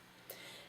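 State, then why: Seated. A plastic funnel lid on a saliva collection tube is bent over and pressed shut, releasing the liquid inside the funnel into the tube. A sharp, short click is heard at 0.3 s as the lid seats closed, followed by a faint tap near the end.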